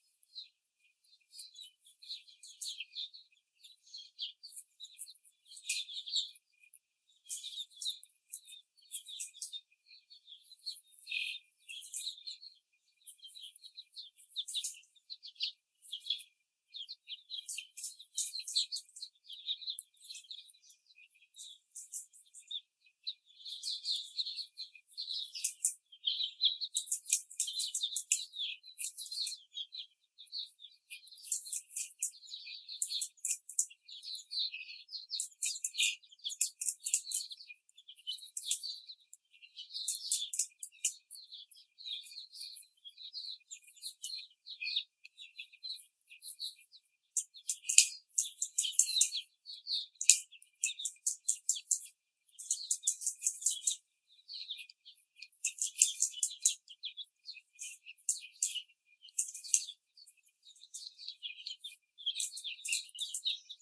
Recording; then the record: young laying hens in a cage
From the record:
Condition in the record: before the stressor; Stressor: simulated dog barking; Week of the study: 4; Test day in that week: 3